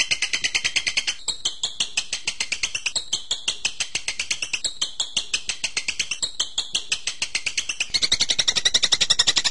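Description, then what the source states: Bird singing a fast, even string of sharp high chirps, nearly three each second, with a brief louder, busier stretch near the end. Masteran birdsong training recording of bird sounds.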